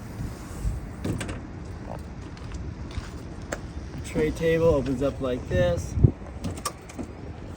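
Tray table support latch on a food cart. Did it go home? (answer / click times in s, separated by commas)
yes / 6.7 s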